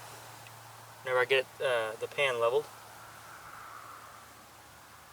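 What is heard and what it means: The pan latch, or night latch, on a steel foothold trap is being set and its pan levelled while someone talks briefly over a steady low background hum. No click is heard, and the night latch has not yet clicked into place by the end of the clip.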